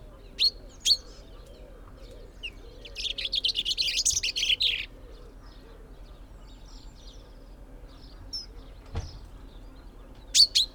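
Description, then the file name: Common chaffinch song: one loud trilled phrase of about two seconds, with sharp single chips before and after, and other birds faintly behind. "Fringilla coelebs"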